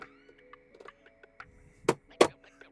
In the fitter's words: sounds like it's breaking it's not